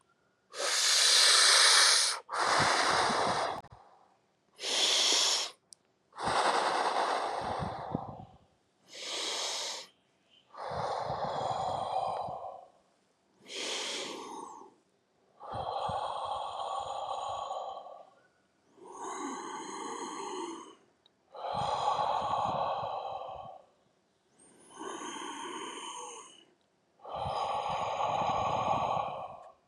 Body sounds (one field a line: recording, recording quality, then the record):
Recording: deep breathing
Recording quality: excellent, no background noise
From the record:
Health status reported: healthy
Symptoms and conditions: diabetes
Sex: male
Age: 45 years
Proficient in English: yes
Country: India